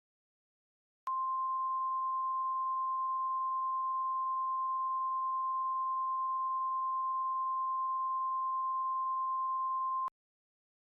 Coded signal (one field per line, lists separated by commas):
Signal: Emergency Alert System (SAME) tones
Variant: 1050 Hz attention tone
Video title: two point six | An EAS Recreation of the May 31, 2013 El Reno Tornado | Jackeltron